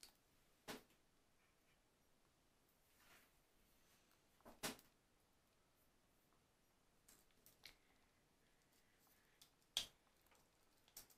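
Match and candle handling: sparse sharp taps and clicks over near silence, with louder knocks near the start, middle and around ten seconds.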